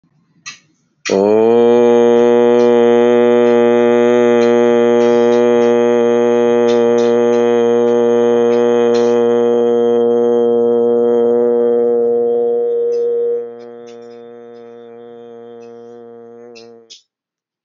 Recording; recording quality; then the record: sustained vowel as in boot; excellent, no background noise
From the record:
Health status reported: healthy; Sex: male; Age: 36 years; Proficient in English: yes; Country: India